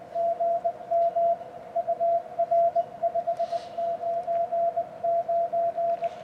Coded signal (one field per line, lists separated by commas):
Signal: Morse code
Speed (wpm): 19 wpm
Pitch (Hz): 680 Hz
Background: none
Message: GM UR 599